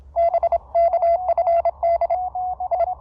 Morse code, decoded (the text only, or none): BK FD I